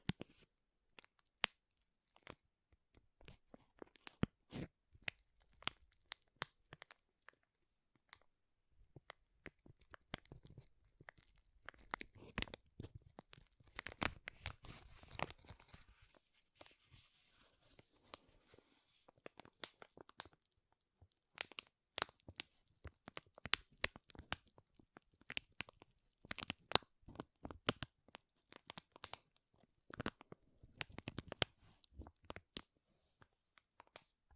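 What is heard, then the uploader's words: Crinkling plastic or foil is handled, making dense bursts of sharp crackles and snaps that run nearly nonstop. The activity thickens around the middle and again near the end, with brief pauses between handfuls of bright, crisp pops. ASMR Powerful Crinkles to Make You Tingle (No Talking).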